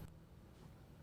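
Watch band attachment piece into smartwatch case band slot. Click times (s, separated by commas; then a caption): 0.1 s. The titanium attachment piece of an Alpine Loop textile band is slid into the band slot on an Apple Watch Ultra case. A short, crisp click with a bright high-frequency edge sounds at 0.1 s over a low, steady background rumble. The connector clicks home and is seated.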